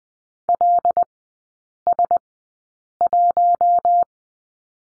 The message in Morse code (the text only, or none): LS1